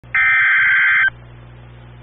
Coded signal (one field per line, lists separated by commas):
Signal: Emergency Alert System (SAME) tones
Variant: header bursts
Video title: EAS #225 - Flash Flood Warning